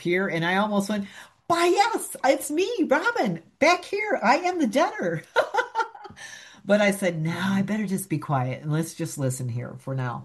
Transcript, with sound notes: And I almost went, "Why, yes, it's me, Robin, back here. I am the debtor." (laughs) But I said, "No, I better just be quiet and let's just listen here for now."